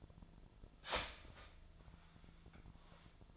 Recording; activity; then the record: daily activity, microphone in the room; start toaster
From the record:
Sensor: 5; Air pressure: 1009.5 hPa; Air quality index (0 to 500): 170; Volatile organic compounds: 4 ppm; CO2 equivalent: 1643 ppm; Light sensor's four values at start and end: 91/241/98/104 and 89/236/96/101